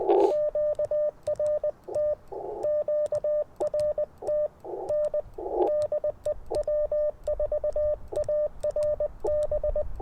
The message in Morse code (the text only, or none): QRT QRT N DE W4ARB